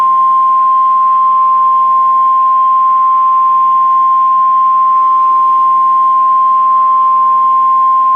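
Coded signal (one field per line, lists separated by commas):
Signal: Emergency Alert System (SAME) tones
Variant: 1050 Hz attention tone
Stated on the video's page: NOAA mock severe weather statement for a statewide tornado drill, carried by all Wisconsin stations.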